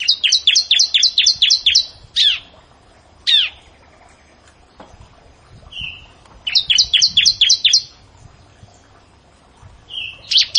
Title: Ciblek Sawah